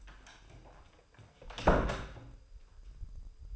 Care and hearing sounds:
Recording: daily activity, microphone in the room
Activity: close door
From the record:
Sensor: 2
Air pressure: 996.0 hPa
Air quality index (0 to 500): 41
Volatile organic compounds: 1 ppm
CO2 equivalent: 732 ppm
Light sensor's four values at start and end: 12/27/12/12 and 11/27/11/12

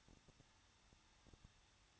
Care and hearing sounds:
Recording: daily activity, microphone in the room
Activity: no activity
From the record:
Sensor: 3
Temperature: 21.2 degrees Celsius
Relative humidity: 36.3%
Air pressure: 1006.3 hPa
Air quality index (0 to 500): 222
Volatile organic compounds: 41 ppm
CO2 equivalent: 3161 ppm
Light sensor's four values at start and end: 2/3/2/2 and 2/3/2/2

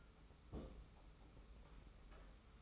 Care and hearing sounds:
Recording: daily activity, microphone in the room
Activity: place on stove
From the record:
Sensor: 1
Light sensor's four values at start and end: 36/117/46/47 and 36/117/46/47

